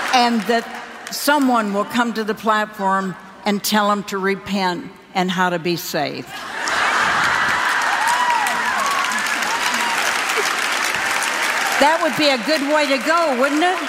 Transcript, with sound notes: and that someone will come to the platform and tell them to repent and how to be saved.” (laughter) That would be a good way to go, wouldn’t it?